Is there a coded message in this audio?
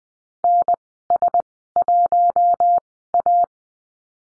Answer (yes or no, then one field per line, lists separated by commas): yes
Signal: Morse code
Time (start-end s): 0.4-3.4 s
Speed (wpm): 20 wpm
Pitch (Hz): 700 Hz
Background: none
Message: NS1A